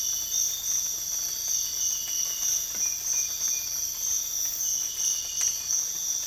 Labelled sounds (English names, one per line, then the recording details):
none
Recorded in dense forest near Puerto Asís, Putumayo, Colombia, on 22 December 2024 at 05:00
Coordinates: 0.484, -76.325
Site G056